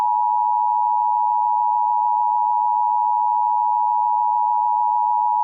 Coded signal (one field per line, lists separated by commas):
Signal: Emergency Alert System (SAME) tones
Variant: 853 and 960 Hz attention tone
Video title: LET ME IN (EAS Scenario)